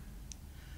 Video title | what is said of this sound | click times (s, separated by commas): The IMP from Youde Technology UD RDA | Pops right in, then you can use a regular drip tip, any drip tip of your choice. | 0.3 s